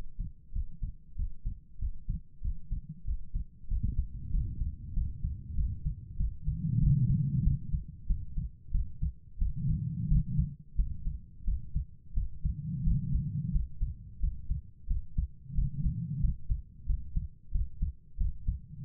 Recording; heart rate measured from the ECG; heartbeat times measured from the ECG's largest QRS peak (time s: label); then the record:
heart sounds by stethoscope; 92 bpm
0.51 s: heartbeat
1.14 s: heartbeat
1.77 s: heartbeat
2.40 s: heartbeat
3.03 s: heartbeat
3.66 s: heartbeat
4.29 s: heartbeat
4.92 s: heartbeat
5.54 s: heartbeat
6.16 s: heartbeat
6.78 s: heartbeat
7.42 s: heartbeat
8.05 s: heartbeat
8.70 s: heartbeat
9.37 s: heartbeat
10.07 s: heartbeat
10.74 s: heartbeat
11.43 s: heartbeat
12.13 s: heartbeat
12.82 s: heartbeat
13.50 s: heartbeat
14.19 s: heartbeat
14.86 s: heartbeat
15.53 s: heartbeat
16.19 s: heartbeat
16.85 s: heartbeat
17.50 s: heartbeat
18.16 s: heartbeat
18.83 s: heartbeat
From the record:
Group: healthy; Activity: breath hold 0-4 s, rest 4-19 s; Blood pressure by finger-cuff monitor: 117/69 mmHg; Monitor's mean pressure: 86 mmHg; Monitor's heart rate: 94 bpm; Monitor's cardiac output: 7.5 L/min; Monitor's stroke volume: 80 mL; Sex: female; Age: 32 years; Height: 172 cm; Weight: 71.7 kg